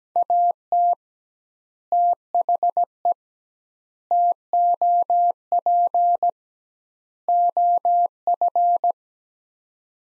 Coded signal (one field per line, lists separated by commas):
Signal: Morse code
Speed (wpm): 17 wpm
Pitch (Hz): 700 Hz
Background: none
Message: AT THE TOP OF